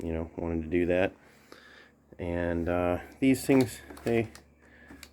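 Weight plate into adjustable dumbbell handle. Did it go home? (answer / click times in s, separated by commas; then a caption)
yes / 5.0 s. A weight plate is handled on an adjustable dumbbell and locks into the handle with a sharp click at 5.0 s, seating it in place. Someone talks through most of the clip, and a fainter tap is heard at 1.5 s.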